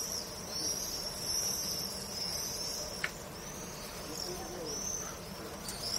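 Swift screams, thin high shrill streaks drawn out and overlapping throughout, one brief sharp click near the middle, steady low background hiss.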